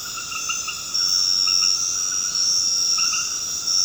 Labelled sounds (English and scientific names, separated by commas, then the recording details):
none
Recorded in dense forest near Puerto Asís, Putumayo, Colombia, on 9 March 2025 at 21:30
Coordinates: 0.486, -76.317
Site G053